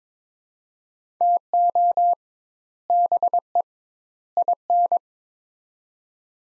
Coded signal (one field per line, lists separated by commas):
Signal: Morse code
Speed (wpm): 22 wpm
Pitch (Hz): 700 Hz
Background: none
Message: TO BE IN